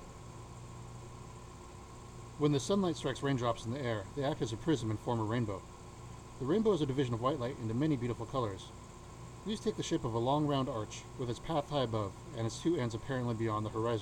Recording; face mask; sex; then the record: reading aloud; surgical mask; male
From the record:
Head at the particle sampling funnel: tilted down, bridge of the nose in front of it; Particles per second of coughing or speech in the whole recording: 2.26